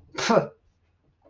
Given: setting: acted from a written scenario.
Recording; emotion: vocal sound without words; contempt